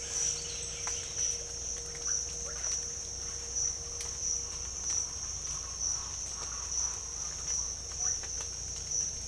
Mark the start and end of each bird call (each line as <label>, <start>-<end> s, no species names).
bird call, 0.33-1.15 s